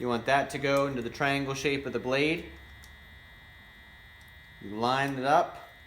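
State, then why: Not seated. A plastic wiper adapter for a Chevy Volt is lined up so its triangle shape fits into the triangle shape of an AC Delco beam wiper blade. Someone talks from about 0.0 to 2.5 s and again from 4.6 to 5.5 s, with only a low steady hum in between. Nothing has snapped or seated yet.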